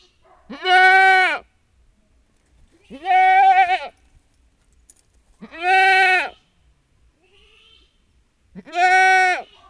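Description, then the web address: Domestic goat bleating, four loud cries each about a second long, repeated roughly every two and a half seconds, with near silence between them. Kid calling for its mother, which is tethered on a chain, in a farmyard. "allathangok parasztudvar hazikecske kecske gidaesalanconlevomamaja"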